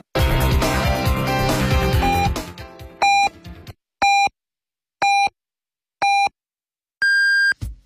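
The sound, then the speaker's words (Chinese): Hourly time signal on Beijing City Broadcast 1073 (FM 107.3, AM 1026), 2018, marking 14:00 Beijing time: after music fades, four short, evenly spaced beeps sound one second apart, followed by a longer, higher-pitched final tone marking the hour. “北京城市广播1073，请您准确对时。现在是北京时间14点整。”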